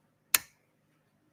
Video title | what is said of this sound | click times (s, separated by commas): Melinda's PFAFF 360 could not be FIXED in Canada @ PFAFF Specialty Repair Center...came to Kentucky! | You can hear that snap as it goes in. | 0.4 s